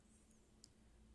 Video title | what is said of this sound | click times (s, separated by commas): DNT 3 Cooper Scale Upgrade Review & Installation | opening stop both slide in and click in place | 0.6 s